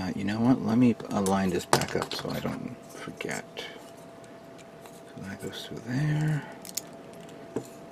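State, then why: Seated. A plastic piece is pushed through into the foot assembly of a 1/100 GM Sniper Custom model kit while someone talks, with faint handling rattles. A sharp click at 6.8 seconds marks the piece snapping into place, and it is seated.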